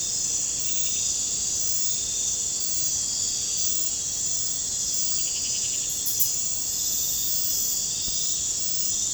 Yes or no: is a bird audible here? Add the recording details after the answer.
no. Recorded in pastures near Puerto Asís, Putumayo, Colombia, on 22 December 2024 at 00:30. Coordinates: 0.466, -76.322. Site G040